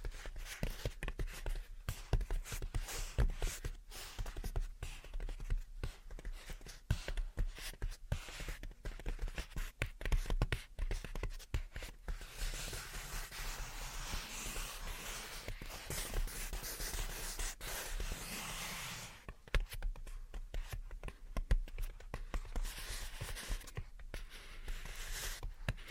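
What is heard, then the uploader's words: Gentle tapping and scratching fill the recording, close and dry, with quick irregular taps throughout. Around the middle, a brighter, steadier scratching takes over for several seconds before the scattered tapping returns, all in a quiet small room. Gentle Tapping and Scratching. (No Talking).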